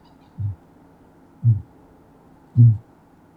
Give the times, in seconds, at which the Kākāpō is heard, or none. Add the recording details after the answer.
0.29-0.68, 1.28-1.73, 2.36-2.94. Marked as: faintness 2/5. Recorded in New Zealand. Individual Sirocco